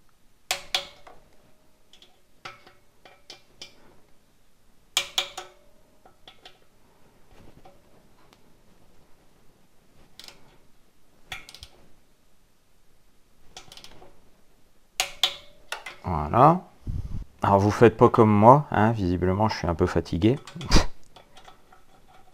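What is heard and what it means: A torque wrench set to a gentle 10 Nm tightens the copper-greased screws on the Exup exhaust valve cover of a Fazer 1000 motorcycle. Three sharp metallic clicks, each followed by a quick second tick, sound at 0.5 s, 5.0 s and 15.0 s as the wrench breaks over at its setting on each screw. Someone then talks.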